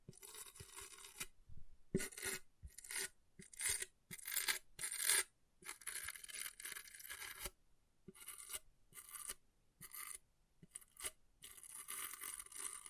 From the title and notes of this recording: ASMR Brain Melting Object Scratching (No Talking).